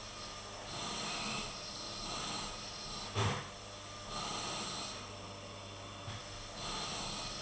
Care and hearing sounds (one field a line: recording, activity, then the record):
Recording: daily activity, microphone in the room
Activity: vacuum cleaning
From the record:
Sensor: 4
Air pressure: 991.8 hPa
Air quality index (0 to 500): 113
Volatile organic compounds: 20 ppm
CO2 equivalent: 2690 ppm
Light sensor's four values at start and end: 19/63/23/24 and 19/63/23/24